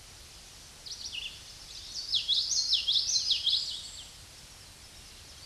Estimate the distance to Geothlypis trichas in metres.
about 10 m